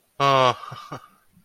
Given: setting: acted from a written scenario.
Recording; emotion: vocal sound without words; elation